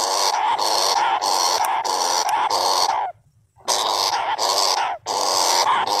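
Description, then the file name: Flying squirrel producing a string of coarse, buzzy bursts, then a half-second silence before the harsh calls resume. "tieng soc bay keu chuan nhat"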